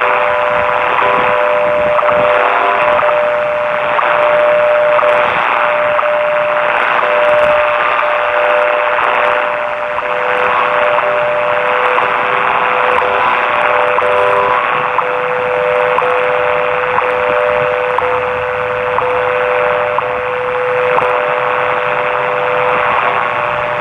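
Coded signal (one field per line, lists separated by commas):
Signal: radio time signal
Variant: WWV and WWVH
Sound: steady mid-pitch tone with brief dropouts each second under loud hissing static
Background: radio static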